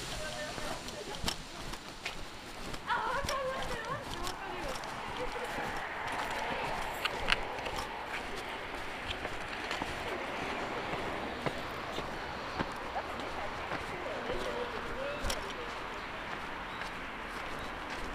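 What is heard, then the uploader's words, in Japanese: Students chatter steadily aboard a train as it sets off, many voices overlapping in a dense, continuous murmur. Sharp clicks and knocks cut through every few seconds, over a low, even rumble that holds at a fairly constant level throughout. 四日市あすなろう鉄道 内部→日永→西日野→日永。折り返しは四日市南高校の生徒が乗ったりしながら発車し、日永で内部行きの列車と行き違い停車します。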